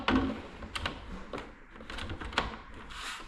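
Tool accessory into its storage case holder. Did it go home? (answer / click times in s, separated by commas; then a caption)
no / none. A tool accessory for a Milwaukee M18 impact wrench (2962-20) is pushed harder into its molded storage case holder during unboxing, in an attempt to snap it into place. Sharp handling and tapping hits sound at about 0.1, 0.9 and 2.4 seconds amid lighter rustling. The part does not snap in, and nothing has seated or clicked.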